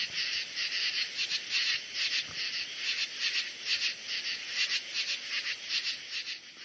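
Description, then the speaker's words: Night insects in chorus, a dense high buzzing trill pulsing about two or three times a second. Summer evening and night insect chorus recorded in a backyard the previous night, midsummer. "During the months of summer, the evenings and nights are alive with the sounds of insects. That's from my backyard last night."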